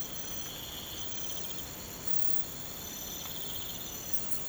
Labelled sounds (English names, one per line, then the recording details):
none
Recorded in pastures near Puerto Asís, Putumayo, Colombia, on 24 March 2025 at 03:30
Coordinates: 0.472, -76.329
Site G074